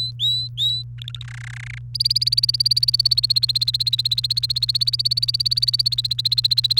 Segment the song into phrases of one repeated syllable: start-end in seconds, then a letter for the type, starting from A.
0.00-0.83 A, 0.98-1.23 B, 1.24-1.78 C, 1.94-6.79 D